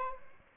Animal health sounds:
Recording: mosquito wingbeat signal from an infrared sensor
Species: Aedes albopictus

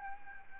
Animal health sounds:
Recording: mosquito wingbeat signal from an infrared sensor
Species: Aedes albopictus

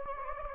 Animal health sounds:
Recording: mosquito wingbeat signal from an infrared sensor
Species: Anopheles gambiae

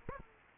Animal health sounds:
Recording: mosquito wingbeat signal from an infrared sensor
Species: Aedes aegypti

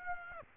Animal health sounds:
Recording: mosquito wingbeat signal from an infrared sensor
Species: Aedes aegypti

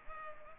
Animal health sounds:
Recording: mosquito wingbeat signal from an infrared sensor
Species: Culex pipiens

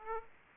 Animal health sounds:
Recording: mosquito wingbeat signal from an infrared sensor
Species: Aedes aegypti

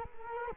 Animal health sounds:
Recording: mosquito wingbeat signal from an infrared sensor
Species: Culex quinquefasciatus

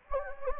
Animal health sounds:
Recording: mosquito wingbeat signal from an infrared sensor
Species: Anopheles gambiae

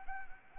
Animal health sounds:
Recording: mosquito wingbeat signal from an infrared sensor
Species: Anopheles arabiensis

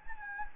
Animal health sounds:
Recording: mosquito wingbeat signal from an infrared sensor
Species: Anopheles gambiae

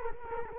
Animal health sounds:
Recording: mosquito wingbeat signal from an infrared sensor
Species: Culex quinquefasciatus

